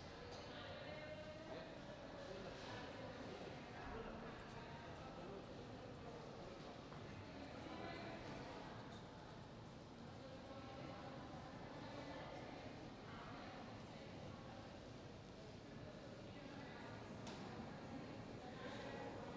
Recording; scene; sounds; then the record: everyday scene through a hearing-aid microphone; reverberant space; background noise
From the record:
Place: railway station hall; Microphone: in the ear canal, right